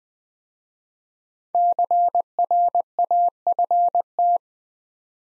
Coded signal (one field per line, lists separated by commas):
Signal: Morse code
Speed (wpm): 20 wpm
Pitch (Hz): 700 Hz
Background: none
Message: CRAFT